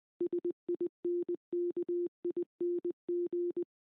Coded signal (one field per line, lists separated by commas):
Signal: Morse code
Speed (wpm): 20 wpm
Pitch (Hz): 350 Hz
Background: none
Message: SINKING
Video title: Le morse n'est pas mort! comment cela fonctionne?